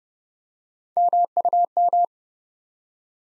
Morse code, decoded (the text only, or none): MUM